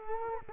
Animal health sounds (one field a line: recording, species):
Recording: mosquito wingbeat signal from an infrared sensor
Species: Culex quinquefasciatus